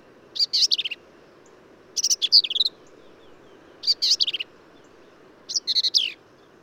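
Black-capped vireo singing four brisk phrases of scratchy, chattering high notes, each under a second long, spaced roughly every one and a half to two seconds.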